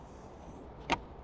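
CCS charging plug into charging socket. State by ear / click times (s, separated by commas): seated / 0.9 s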